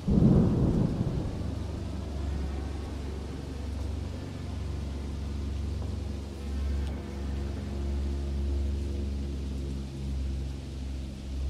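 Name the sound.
thunder and rain storm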